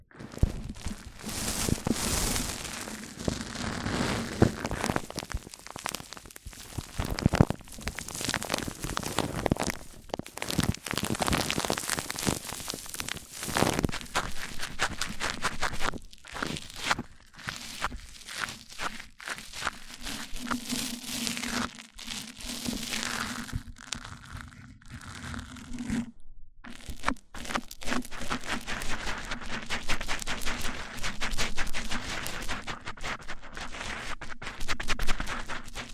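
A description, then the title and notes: Mic-on-mic triggers: dense, scratchy rubbing and crinkling sounds fill the recording, coming in rapid bursts with brief near-silent gaps, one clear pause around 26 seconds. A steady low hum runs underneath throughout, while bright crackly textures rise and fall irregularly. ASMR MIC ON MIC Triggers Richer Sounds, Intense Tingles! (No Talking).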